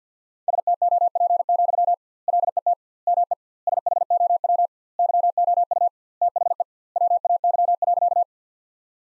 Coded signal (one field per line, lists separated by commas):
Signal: Morse code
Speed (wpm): 50 wpm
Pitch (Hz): 700 Hz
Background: none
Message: STOP, LET ME SHOW YOU THE WAY.